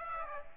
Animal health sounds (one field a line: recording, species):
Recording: mosquito wingbeat signal from an infrared sensor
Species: Aedes aegypti